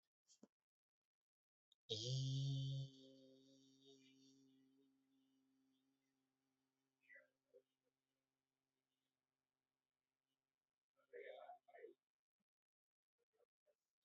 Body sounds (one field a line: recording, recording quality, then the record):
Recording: sustained vowel as in beet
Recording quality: excellent, no background noise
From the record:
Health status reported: exposed to COVID-19, no respiratory illness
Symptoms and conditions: none ticked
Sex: male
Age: 32 years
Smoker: not ticked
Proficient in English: yes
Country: India